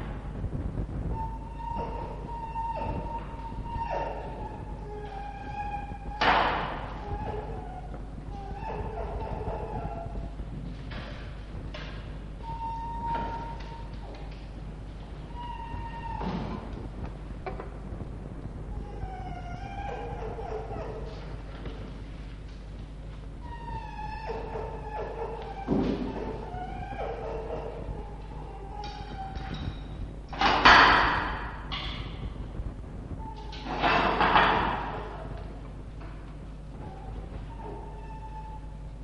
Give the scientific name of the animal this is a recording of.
Vulpes vulpes